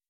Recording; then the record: hydrophone in a shrimp aquaculture tank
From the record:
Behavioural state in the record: weakened